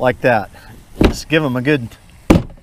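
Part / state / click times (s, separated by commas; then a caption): kayak seat into plastic deck clips / seated / 2.3 s. A kayak seat frame is slid in and pushed firmly down into the plastic locking clips on the deck of an Old Town Sportsman 106 kayak while someone talks. A sharp snap is heard at 2.3 s as the seat locks into the clips, confirming it is seated.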